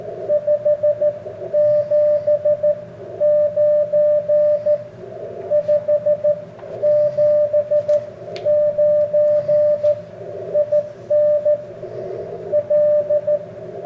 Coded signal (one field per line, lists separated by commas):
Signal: Morse code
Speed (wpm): 14 wpm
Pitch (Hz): 600 Hz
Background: radio noise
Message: 579 579 IN L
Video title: iCoM 7300 Cw . begali paddle